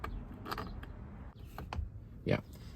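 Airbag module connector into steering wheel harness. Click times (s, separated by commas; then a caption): 1.7 s. An airbag module's electrical connector, which only fits one way, is plugged into the steering wheel harness of an Aroham yoke steering wheel for a Tesla Model 3 and Y. Faint plastic creaks and small taps lead up to a sharp click at 1.7 s as the connector clicks into place. The connector is seated.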